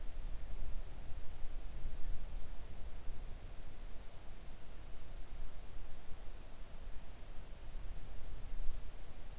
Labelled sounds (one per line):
near silence